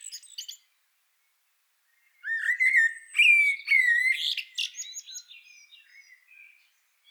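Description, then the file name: Common blackbird song: a short high twitter, a pause, then a fluted warble with higher squeaky notes, fading away at the end. "Turdus merula"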